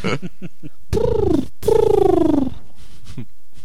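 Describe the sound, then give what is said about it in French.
Two drawn-out, throaty pigeon coos, each a warbling tone that slides downward in pitch, the second longer and louder, separated by a brief pause with soft clicks before and after. “Ben, ça fait pigeon quand même.”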